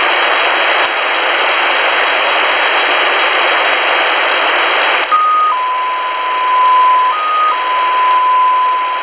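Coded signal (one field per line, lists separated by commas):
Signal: numbers station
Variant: XPA2 polytone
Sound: hiss, then a steady tone stepping slowly between two close pitches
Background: radio static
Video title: Russian XPA2 polytone number station at 17462 kHz (short message(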